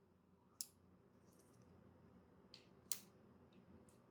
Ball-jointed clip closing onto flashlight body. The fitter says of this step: if I close this it makes a clicking sound.